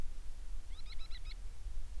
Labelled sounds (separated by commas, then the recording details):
bird
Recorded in the Prudhoe Bay oil fields, Alaska, on 10 July 2019 at 10:05
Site 11